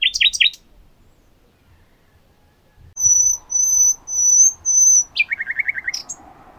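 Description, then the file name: Common nightingale song: a few loud clipped notes, a pause, then four long pure whistles and a fast rattling trill of repeated notes. "Luscinia megarhynchos"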